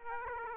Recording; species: mosquito wingbeat signal from an infrared sensor; Aedes aegypti